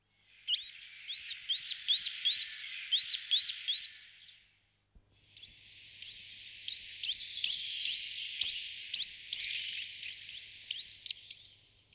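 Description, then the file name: Eurasian nuthatch giving quick runs of arched, upswept whistles, then a pause and a denser, higher, more varied series of sharp notes. "Brhlik lesni Sitta europaea"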